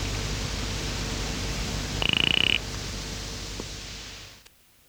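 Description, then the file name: Mountain-top nursery frog call: a single short, pulsed rattling buzz lasting about half a second, high and narrow in pitch, over a steady hiss and low hum that drops away near the end. "Cophixalus monticola"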